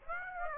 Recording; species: mosquito wingbeat signal from an infrared sensor; Aedes aegypti